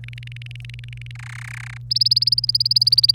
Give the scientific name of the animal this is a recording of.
Serinus canaria